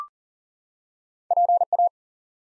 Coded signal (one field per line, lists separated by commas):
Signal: Morse code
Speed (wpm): 40 wpm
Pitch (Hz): 700 Hz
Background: none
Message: PA